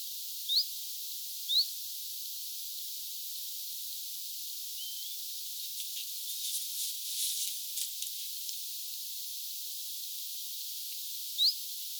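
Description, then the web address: Common chiffchaff calls: sharp rising whistles, two close together then one more after a long gap, with soft crackling sounds between. Two chiffchaffs, 6 September 2025. "paivat 6 9 2025 kaksi bizt-tiltalttia"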